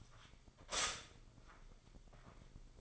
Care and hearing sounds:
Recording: daily activity, microphone in the room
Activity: stop toaster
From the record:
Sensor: 5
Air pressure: 995.3 hPa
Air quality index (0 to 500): 107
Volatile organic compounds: 8 ppm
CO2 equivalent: 2062 ppm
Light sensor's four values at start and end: 32/76/30/31 and 30/72/29/28

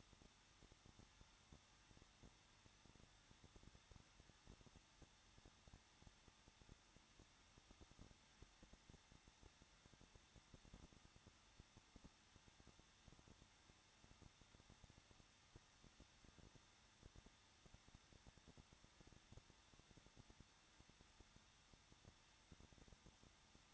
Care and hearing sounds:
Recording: daily activity, microphone in the room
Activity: no activity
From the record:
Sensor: 3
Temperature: 21.2 degrees Celsius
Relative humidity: 36.4%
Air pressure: 1006.3 hPa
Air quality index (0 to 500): 222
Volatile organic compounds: 41 ppm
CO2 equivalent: 3172 ppm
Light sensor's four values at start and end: 2/3/2/2 and 2/3/2/2

